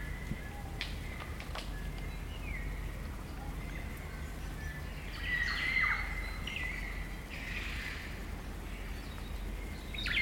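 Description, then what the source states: Kaka song: scattered whistles and harsh grating squawks, with a louder rasping burst around the middle. Kakas, a large parrot species, singing an eerie dusk chorus in late spring at Karori Sanctuary near Wellington, New Zealand.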